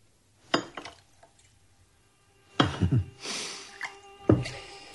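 Wine from a bottle glugs and splashes into thick, long-stemmed glasses, with a few sharp glassy clinks and knocks breaking up the quiet. A brief burst of pouring trickles in the middle before another clink ends it.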